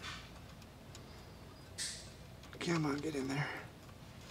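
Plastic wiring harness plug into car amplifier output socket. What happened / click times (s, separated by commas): The plug is being worked into its socket but has not clicked home yet / none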